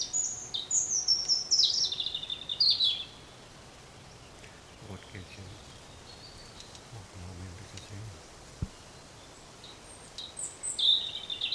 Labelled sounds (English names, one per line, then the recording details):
European Robin
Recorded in the wild
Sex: male
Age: adult
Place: Mühlenbeck, Brandenburg, DE
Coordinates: 52.667, 13.37
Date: 1992-05-23 13:04
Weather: 23-24°C, böiger Wind
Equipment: Nagra SN, Mikrofon AKG CK 8, Kopie Tesla B 116
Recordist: Tembrock, Günter